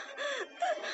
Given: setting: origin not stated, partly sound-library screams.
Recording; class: one-second piece from a danger detection set; woman in danger